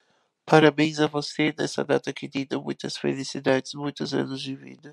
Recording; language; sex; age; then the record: short text; Brazilian Portuguese; male; 20 to 29 years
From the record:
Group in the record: control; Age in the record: 26 years